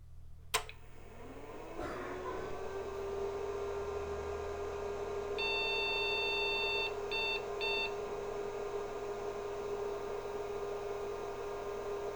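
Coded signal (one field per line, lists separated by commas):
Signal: beep code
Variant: IBM PC 5150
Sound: a power-on click and fan whir, then one long beep and two short beeps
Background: computer fan hum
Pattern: 1 long, 2 short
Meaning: One long and two short beeps signal a display adapter error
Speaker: got a long beep and two beeps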